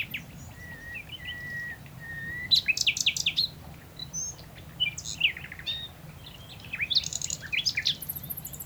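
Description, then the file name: Common nightingale song: several long, pure whistled notes, then loud bursts of rapid, varied phrases and dry rattling trills, with quiet pauses between. "Luscinia megarhynchos"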